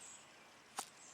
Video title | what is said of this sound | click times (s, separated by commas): knife and scabbard for sale | here it snap | 0.8 s